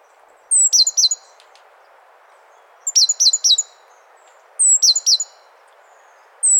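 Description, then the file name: Great tit calling in repeated bursts of high, sharp notes, each starting with a thin whistle and ending in quick falling chips. "Parus major"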